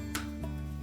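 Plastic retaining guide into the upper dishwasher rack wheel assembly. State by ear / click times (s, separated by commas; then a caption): seated / 0.1 s. A short plastic retaining guide on the upper rack of a Whirlpool dishwasher (part W10728863) is pressed down until its tab snaps over the edge of the wheel assembly, giving a sharp click at 0.15 s over steady background music. A softer transient follows at 0.84 s. The guide is seated and locked in place.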